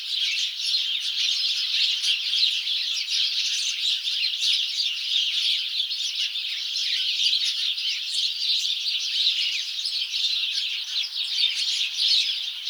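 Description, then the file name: House sparrows chirping in a dense, continuous chorus, many overlapping high chirps and squawky notes with no pauses. "Passer domesticus"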